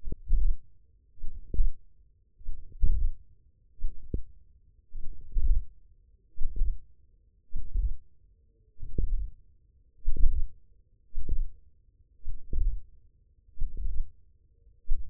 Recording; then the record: forearm muscle sounds (acoustic myography)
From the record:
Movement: hand opening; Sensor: system 1, eight BSWA MPA416 microphones around the upper forearm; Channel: 7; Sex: male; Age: 20 years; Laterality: left